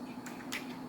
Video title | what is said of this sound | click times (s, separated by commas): Servicing the Power Torque Drive in the Tyco Grand Trunk (GT) Alco C430 | And it'll just snap into place. | 0.5 s